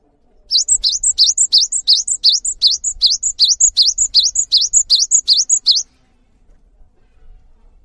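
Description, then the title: Cinereous tit song, a long steady string of sharp whistled two-note phrases repeated rapidly for about five seconds, then quiet with faint low background noise. Cinereous tit in active, frequent song; its long 'wucit' calls provoke other tits to join in and sing along. "GELATIK BATU GACOR WUCIT PANJANGNYA BIKIN GELATIK LAIN JADI TERPANCING UNTUK IKUT BUNYI"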